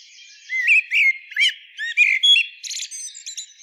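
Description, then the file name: Common blackbird singing a phrase of mellow whistled notes in bursts, ending in a thin, scratchy high twitter with a few faint notes after. "Turdus merula"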